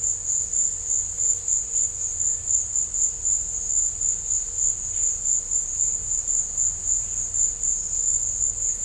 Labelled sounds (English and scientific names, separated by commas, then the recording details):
none
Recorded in secondary vegetation near Puerto Asís, Putumayo, Colombia, on 21 December 2024 at 16:00
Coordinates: 0.498, -76.327
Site GP07